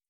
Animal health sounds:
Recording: hydrophone in a shrimp aquaculture tank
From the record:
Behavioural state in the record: feeding

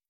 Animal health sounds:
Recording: hydrophone in a shrimp aquaculture tank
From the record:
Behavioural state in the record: starved

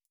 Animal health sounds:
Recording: hydrophone in a shrimp aquaculture tank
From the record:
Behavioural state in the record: starved

